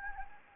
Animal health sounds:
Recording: mosquito wingbeat signal from an infrared sensor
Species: Anopheles gambiae

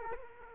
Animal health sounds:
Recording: mosquito wingbeat signal from an infrared sensor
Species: Culex quinquefasciatus

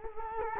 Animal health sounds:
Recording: mosquito wingbeat signal from an infrared sensor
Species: Culex quinquefasciatus

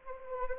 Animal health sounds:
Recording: mosquito wingbeat signal from an infrared sensor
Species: Anopheles arabiensis

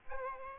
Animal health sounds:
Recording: mosquito wingbeat signal from an infrared sensor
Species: Aedes aegypti

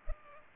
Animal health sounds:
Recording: mosquito wingbeat signal from an infrared sensor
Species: Culex pipiens

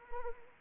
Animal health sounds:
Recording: mosquito wingbeat signal from an infrared sensor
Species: Anopheles arabiensis

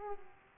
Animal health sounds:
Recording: mosquito wingbeat signal from an infrared sensor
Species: Culex pipiens

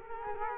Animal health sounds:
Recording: mosquito wingbeat signal from an infrared sensor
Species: Culex quinquefasciatus

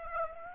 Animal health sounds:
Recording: mosquito wingbeat signal from an infrared sensor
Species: Aedes aegypti

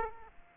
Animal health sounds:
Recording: mosquito wingbeat signal from an infrared sensor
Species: Aedes aegypti

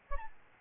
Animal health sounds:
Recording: mosquito wingbeat signal from an infrared sensor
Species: Aedes albopictus

